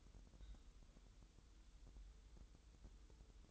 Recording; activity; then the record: daily activity, microphone in the room; take from stove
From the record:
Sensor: 3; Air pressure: 988.3 hPa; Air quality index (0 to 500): 191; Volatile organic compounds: 267 ppm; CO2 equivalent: 4405 ppm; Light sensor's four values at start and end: 24/75/31/27 and 24/75/31/27